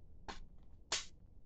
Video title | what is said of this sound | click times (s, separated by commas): Haul/ Collection Update from Big lots and 1 From Wally World 🤘☠️🤘 | see that you hear the snap so | 0.9 s